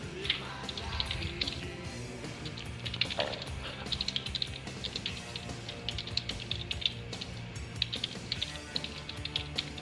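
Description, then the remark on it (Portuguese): Hard, rapid typing on a computer keyboard: a steady, irregular clatter of sharp key strikes running throughout, over a low, steady background hum. “Que violência é essa contra o pobre teclado?”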